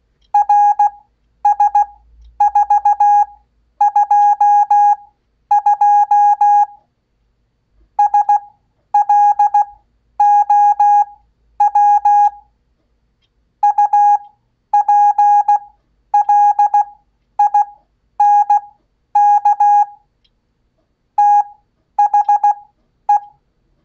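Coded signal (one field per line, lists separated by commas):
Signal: Morse code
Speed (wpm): 16 wpm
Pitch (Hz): 820 Hz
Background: none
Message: RS422 SLOW UPLINK THE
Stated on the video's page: Koch method practice at 15 WPM with Farnsworth spacing, generated by a Vectronics PMT 228 CW generator.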